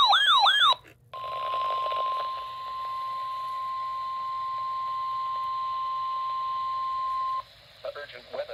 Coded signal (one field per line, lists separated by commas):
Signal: Emergency Alert System (SAME) tones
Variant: 1050 Hz attention tone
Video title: The Rest of July: Part 1... (EAS #183-196)